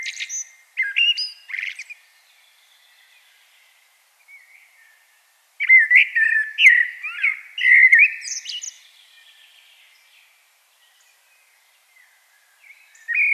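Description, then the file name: Common blackbird singing a brief phrase with high twitters, a long pause with a faint soft note, then a longer rich warbled phrase with thin squeaky flourishes. "Turdus merula"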